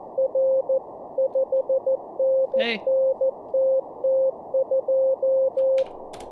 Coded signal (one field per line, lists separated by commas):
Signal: Morse code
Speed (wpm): 14 wpm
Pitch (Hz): 530 Hz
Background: speech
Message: R 5NNTT2